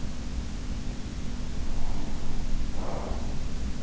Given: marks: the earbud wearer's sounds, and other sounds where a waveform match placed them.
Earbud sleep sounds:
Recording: sounds in sleep by an in-ear microphone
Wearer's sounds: breath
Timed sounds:
0.44-3.45 s: breath

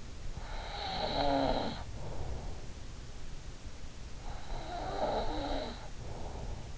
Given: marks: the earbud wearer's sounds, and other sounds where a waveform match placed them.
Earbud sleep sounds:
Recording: sounds in sleep by an in-ear microphone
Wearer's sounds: snoring breath, breath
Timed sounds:
0.21-3.07 s: snoring breath
4.15-6.78 s: breath

